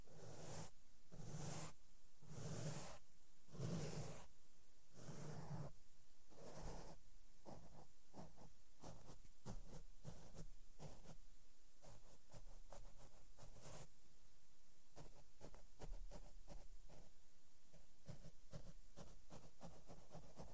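Soft makeup brushes sweep over a microphone, bright hissy strokes pulsing regularly at first, then quicker, denser brushing and tapping throughout.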